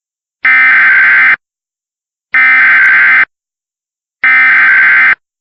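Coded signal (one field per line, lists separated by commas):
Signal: Emergency Alert System (SAME) tones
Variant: header bursts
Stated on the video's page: Recreation of a severe thunderstorm alert with valid EAS tones.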